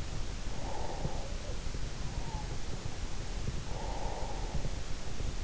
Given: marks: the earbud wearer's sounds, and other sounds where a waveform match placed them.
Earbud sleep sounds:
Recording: sounds in sleep by an in-ear microphone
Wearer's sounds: breath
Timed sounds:
0.52-1.69 s: breath
3.59-4.90 s: breath

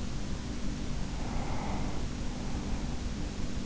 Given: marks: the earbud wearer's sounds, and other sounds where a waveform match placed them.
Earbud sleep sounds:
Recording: sounds in sleep by an in-ear microphone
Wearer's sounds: breath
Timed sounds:
0.77-3.04 s: breath

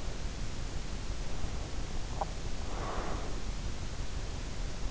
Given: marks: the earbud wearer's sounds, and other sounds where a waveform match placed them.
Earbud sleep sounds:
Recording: sounds in sleep by an in-ear microphone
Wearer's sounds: breath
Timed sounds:
1.98-3.39 s: breath

